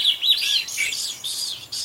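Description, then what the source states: Swainson's thrush song, fluty whistled phrases sliding and rising in quick succession, ending in higher, thinner notes. From the Cornell Lab of Ornithology; described as a lovely ethereal sound.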